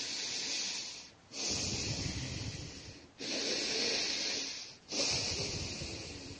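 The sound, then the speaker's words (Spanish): Loud, heavy breathing rasps through long, harsh, hissing breaths from behind a door deep in the basements, each separated by a short pause, with a steady labored rhythm and no voices. “Al otro lado, siempre se escuchan ruidos de respiración muy fuerte.”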